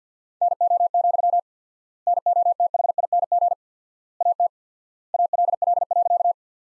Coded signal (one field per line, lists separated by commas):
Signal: Morse code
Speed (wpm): 50 wpm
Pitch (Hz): 700 Hz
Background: none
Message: NO, NOTHING AT ALL.